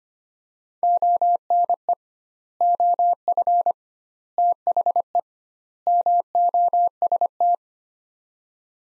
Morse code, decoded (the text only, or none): ONE OF THE MOST